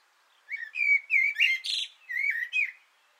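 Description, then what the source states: Common blackbird song phrase: rich, fluty whistled notes rising and falling, on a quiet background. Singing from an antenna, recorded 6 June 2025.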